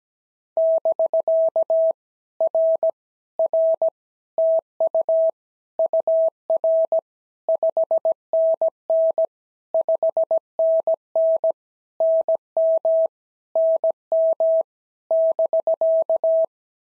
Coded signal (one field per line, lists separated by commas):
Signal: Morse code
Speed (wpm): 17 wpm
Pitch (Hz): 650 Hz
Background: none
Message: <BK> R R TU UR 5NN 5NN NM NM <BK>